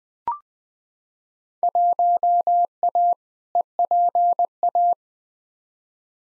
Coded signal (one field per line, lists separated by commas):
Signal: Morse code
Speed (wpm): 20 wpm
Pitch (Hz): 700 Hz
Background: none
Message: 1A EPA